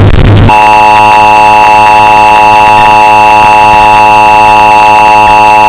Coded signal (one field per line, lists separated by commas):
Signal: Emergency Alert System (SAME) tones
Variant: 853 and 960 Hz attention tone